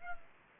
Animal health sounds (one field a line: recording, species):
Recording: mosquito wingbeat signal from an infrared sensor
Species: Aedes aegypti